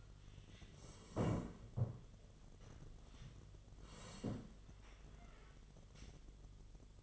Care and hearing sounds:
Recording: daily activity, microphone in the room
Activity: sit down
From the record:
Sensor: 4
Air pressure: 1005.9 hPa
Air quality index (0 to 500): 108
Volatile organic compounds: 3 ppm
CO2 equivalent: 1355 ppm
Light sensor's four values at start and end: 13/29/11/10 and 13/29/11/10

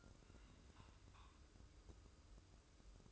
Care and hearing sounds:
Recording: daily activity, microphone in the room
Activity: take from stove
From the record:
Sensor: 2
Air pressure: 995.2 hPa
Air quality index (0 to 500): 78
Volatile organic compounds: 3 ppm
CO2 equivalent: 1374 ppm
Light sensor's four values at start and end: 22/73/28/27 and 22/73/28/27

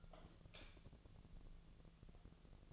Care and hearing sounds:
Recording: daily activity, microphone in the room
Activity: light off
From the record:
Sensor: 4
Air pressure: 1000.8 hPa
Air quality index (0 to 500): 124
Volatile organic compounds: 1 ppm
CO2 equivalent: 933 ppm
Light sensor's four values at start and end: 29/74/30/32 and 26/63/26/27

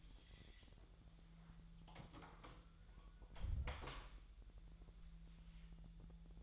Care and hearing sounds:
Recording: daily activity, microphone in the room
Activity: close door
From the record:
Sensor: 3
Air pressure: 1001.2 hPa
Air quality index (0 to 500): 250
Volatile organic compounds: 174 ppm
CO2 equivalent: 4122 ppm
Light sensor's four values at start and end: 13/30/12/12 and 12/29/12/12

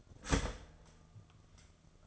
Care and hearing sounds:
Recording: daily activity, microphone in the room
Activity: start toaster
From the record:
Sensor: 4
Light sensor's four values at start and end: 18/59/22/21 and 17/55/21/19

